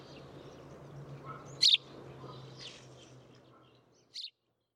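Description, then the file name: House sparrow chirps, one loud note followed by a fainter one, over a low hum that fades out near the end. "Passer domesticus"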